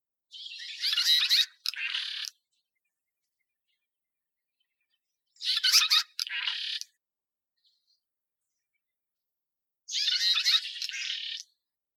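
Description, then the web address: Red-rumped swallow giving short scratchy twittering phrases, three bursts spaced about every four to five seconds, with silence between them. "koshiakatsubame"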